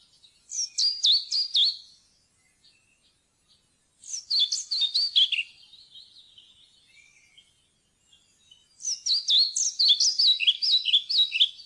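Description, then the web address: European pied flycatcher singing three bright phrases roughly four seconds apart, each a quick series of high downslurred notes, with faint thin notes between phrases. "fuglelyder svarthvit-fluesnapper"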